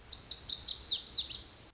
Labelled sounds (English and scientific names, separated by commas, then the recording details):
Lazuli Bunting (Passerina amoena)
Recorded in Sonoma County, California